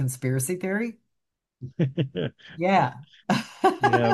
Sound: laughs

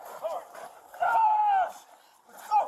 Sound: screaming

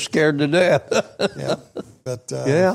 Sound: laughs

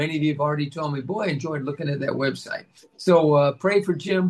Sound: none

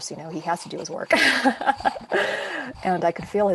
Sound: laughs

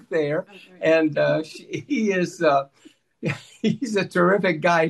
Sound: laughs

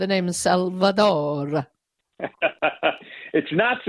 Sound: laughs

